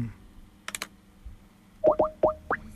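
A few quick clicks, then a Skype call ringing tone: four short, bubbly electronic notes that bend upward in pitch, sounding clearly with no one speaking.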